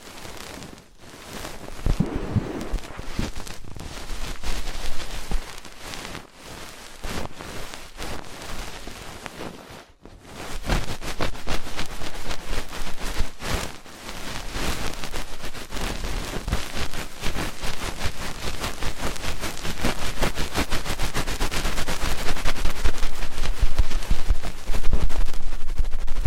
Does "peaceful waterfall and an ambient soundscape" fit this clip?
no